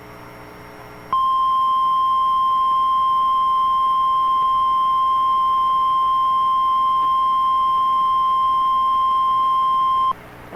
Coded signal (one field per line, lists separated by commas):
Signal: Emergency Alert System (SAME) tones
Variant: 1050 Hz attention tone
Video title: Severe Thunderstorm Warning (Craighead, Cross, Mississippi Counties, AR) (4/2/25) [EAS #120]